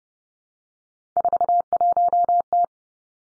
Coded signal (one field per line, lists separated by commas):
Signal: Morse code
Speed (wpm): 30 wpm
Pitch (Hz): 700 Hz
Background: none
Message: 41T